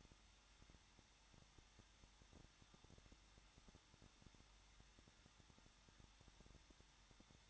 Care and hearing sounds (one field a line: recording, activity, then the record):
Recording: daily activity, microphone in the room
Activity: no activity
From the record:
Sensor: 3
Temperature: 21.2 degrees Celsius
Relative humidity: 36.4%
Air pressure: 1006.4 hPa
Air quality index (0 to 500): 223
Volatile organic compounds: 43 ppm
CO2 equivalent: 3191 ppm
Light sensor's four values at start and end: 2/3/2/2 and 2/3/2/2